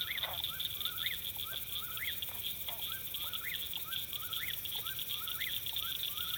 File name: Summer Dusk Whipporwhill Farm Field 41 hz Rode NTG 2 Sd 702 June 24 th 2017